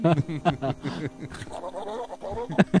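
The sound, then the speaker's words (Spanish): A goat bleats several times in quick succession, each call a wavering, nasal cry with a trembling pitch, the last few sharper and louder. “Así estamos batiendo la lengua, igual que la cabra de Chop Suey.”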